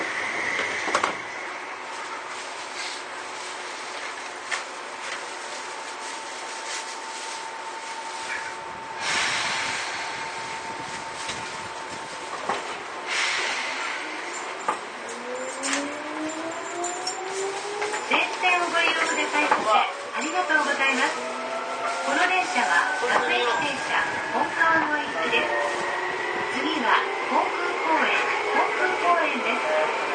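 A Seibu old 2000 series train running between Seibu-Shinjuku and Hon-Kawagoe. For the first half a steady hum holds with two faint even tones and occasional knocks. From about fifteen seconds several motor whines rise steadily in pitch as the train accelerates, growing louder with rumble and rattling.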